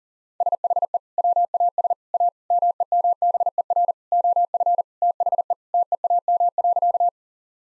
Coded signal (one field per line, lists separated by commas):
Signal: Morse code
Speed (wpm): 40 wpm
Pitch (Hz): 700 Hz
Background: none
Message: SHE WAS A MEMBER OF THE TEAM.